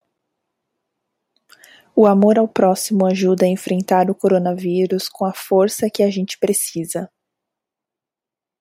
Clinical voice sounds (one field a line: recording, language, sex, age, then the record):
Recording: spoken sentence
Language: Brazilian Portuguese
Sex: female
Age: 30 to 39 years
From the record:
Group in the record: control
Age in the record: 31 years